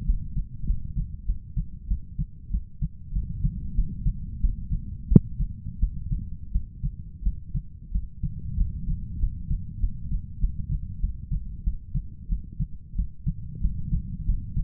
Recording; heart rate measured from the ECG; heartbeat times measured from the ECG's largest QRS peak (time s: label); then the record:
heart sounds by stethoscope; 93 bpm
0.06 s: heartbeat
0.66 s: heartbeat
1.26 s: heartbeat
1.88 s: heartbeat
2.51 s: heartbeat
3.13 s: heartbeat
3.75 s: heartbeat
4.41 s: heartbeat
5.08 s: heartbeat
5.79 s: heartbeat
6.52 s: heartbeat
7.23 s: heartbeat
7.92 s: heartbeat
8.57 s: heartbeat
9.20 s: heartbeat
9.80 s: heartbeat
10.40 s: heartbeat
11.00 s: heartbeat
11.64 s: heartbeat
12.29 s: heartbeat
12.95 s: heartbeat
13.61 s: heartbeat
14.26 s: heartbeat
From the record:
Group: healthy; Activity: cold pressor test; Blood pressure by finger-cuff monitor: 145/90 mmHg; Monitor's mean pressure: 104 mmHg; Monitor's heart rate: 93 bpm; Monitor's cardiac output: 7.9 L/min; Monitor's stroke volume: 83 mL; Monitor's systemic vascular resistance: 960 dyn s/cm5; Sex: male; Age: 23 years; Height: 179 cm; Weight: 87 kg